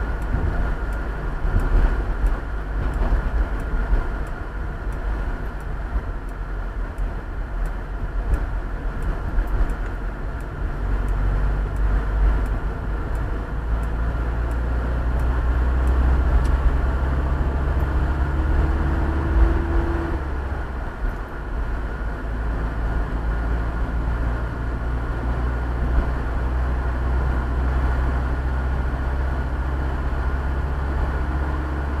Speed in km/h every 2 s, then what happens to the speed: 44, 42, 35, 29, 28, 28, 29, 33, 37, 40, 42, 44, 47, 49, 51, 53.
0-6 slows to 29. 10-32 speeds up to 53.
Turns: 5-15.